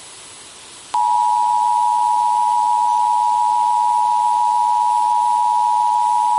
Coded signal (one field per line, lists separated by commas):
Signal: Emergency Alert System (SAME) tones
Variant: 853 and 960 Hz attention tone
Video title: EAS 1718: Texas Amber Alert